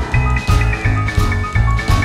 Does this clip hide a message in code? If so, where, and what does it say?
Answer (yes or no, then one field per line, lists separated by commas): no